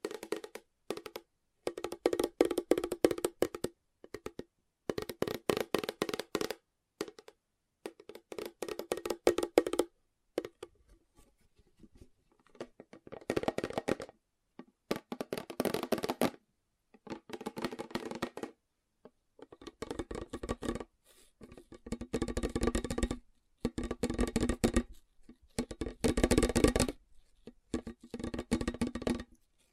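Fast tapping comes in dense bursts of rapid, crisp strikes, each run lasting one to three seconds before short silent gaps. The taps carry a bright, clicky edge over a hollow lower body, with a quieter, softer stretch near the ten-second mark.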